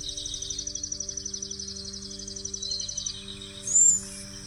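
Cedar Waxwing calls: a continuous thin, high, buzzy trilling, with a brief sharper whistled note near the end, over a steady low hum.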